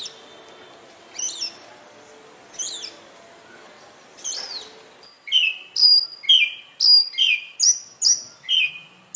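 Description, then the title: Oriental magpie-robin: a few scattered sharp high notes over faint background hiss, then a steady run of clear whistles that slur downward, repeated rapidly. "Magpie Robin Song Doyel Pakhir Dak Wildindiamit"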